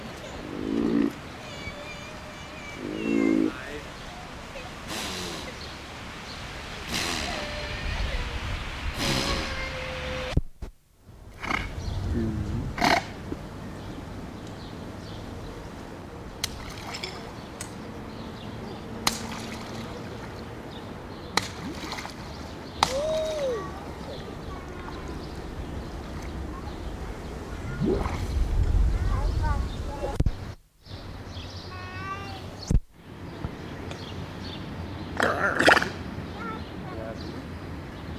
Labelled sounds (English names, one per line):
Grey Seal call